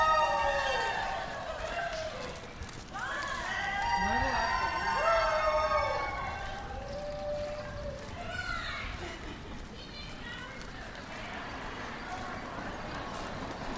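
A walk through Capitol Hill toward Eastern Market, with voices talking over a steady low rumble of street noise. Between about three and six seconds a voice rises and bends in pitch, and footsteps and scattered clatter continue throughout.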